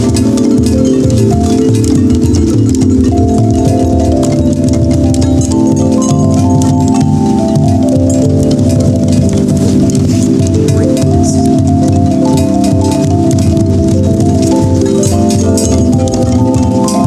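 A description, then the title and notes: Chimes ring in overlapping tones, with sustained notes stacking into a dense, ringing wash that stays steady throughout. Higher pitches step through a slow melodic line above a thick low hum, while faint ticking and patter sounds continue in the background. Chimes of Littelton.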